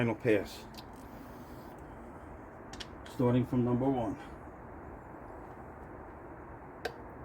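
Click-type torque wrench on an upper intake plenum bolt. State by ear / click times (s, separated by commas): torque reached / 6.8 s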